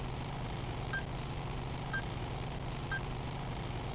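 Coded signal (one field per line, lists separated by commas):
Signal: none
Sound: game vehicle beeps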